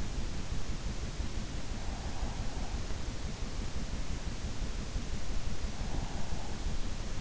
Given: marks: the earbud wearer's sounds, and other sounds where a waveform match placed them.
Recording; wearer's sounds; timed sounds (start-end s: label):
sounds in sleep by an in-ear microphone; breath
1.68-3.22 s: breath
5.73-6.88 s: breath